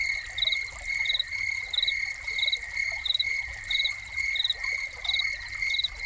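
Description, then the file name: Crickets give quick pulsed chirps at a regular beat against an unbroken high drone, with light dribbling water audible throughout. Crickets recorded together with a fountain. "Crickets and Fountain"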